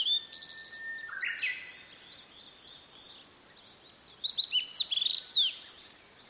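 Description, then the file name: Blue-and-white flycatcher song: high, clear notes, then loud downslurred whistled phrases near the end, after a long steady whistle at the start. "oruri"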